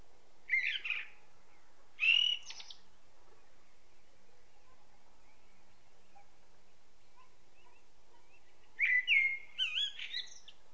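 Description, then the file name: Common blackbird delivering short warbled phrases with high scratchy endings, separated by long quiet gaps, then a fuller fluting phrase near the end. "Turdus merula"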